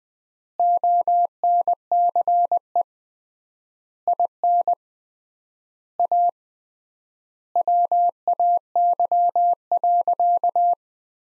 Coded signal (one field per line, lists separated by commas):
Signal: Morse code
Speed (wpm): 21 wpm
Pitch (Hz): 700 Hz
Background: none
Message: ONCE IN A WAY.